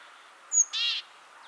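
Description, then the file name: Great tit call: a short, high whistled note leading straight into a grating, buzzy churr. "Parus major"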